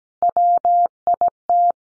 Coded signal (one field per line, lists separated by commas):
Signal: Morse code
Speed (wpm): 17 wpm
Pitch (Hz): 700 Hz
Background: none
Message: WIT